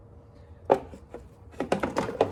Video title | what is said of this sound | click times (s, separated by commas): 2017+ Ford PowerStroke F250 F350 6.7 Windshield Washer Not Working – SOLVED! | here click in place make sure both sides are clicked | 1.7 s, 2.2 s